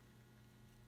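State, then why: Not seated. A small plastic clip on a zip tie is slipped onto a rib on the DEF tank of a 2012–2016 Duramax LML during a DEF tank heater replacement and slid down toward the end of the rib. Only a steady low hum with faint patter-like handling noise is heard, and no sharp hit stands out. Nothing has snapped over the end or seated yet.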